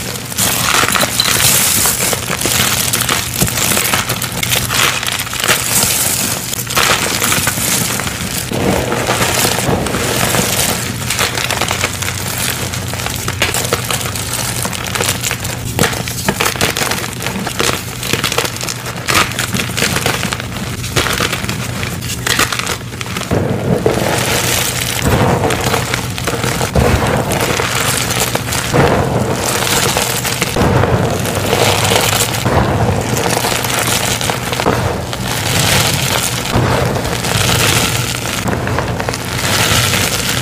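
Soap flake and dyed gym chalk bombs are crushed and crumbled in a dense, continuous crinkling and crunching that runs the full forty seconds. Bright gritty bursts come in quick irregular clusters, with a steady low hum underneath and a busier stretch after about twenty-three seconds.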